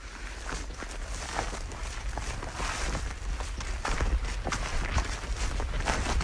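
Steady footsteps crunch and swish through dry heathland vegetation at a brisk walking pace, a continuous rustling rhythm with no talking, against a constant low outdoor hum.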